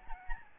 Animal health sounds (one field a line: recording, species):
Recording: mosquito wingbeat signal from an infrared sensor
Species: Aedes albopictus